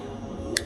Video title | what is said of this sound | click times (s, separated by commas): Knives at Gardenswartz Sporting Goods!! | pops right in locks up pretty damn solid | 0.6 s